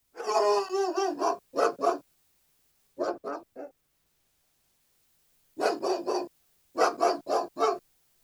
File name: Het blaffen van een Duitse herder - Beeld en Geluid